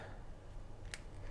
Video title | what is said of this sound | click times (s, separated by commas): Testing 5 Fruit & Veggie Gadgets Under $15! | and it snaps into place and now you have your cute banana | 0.9 s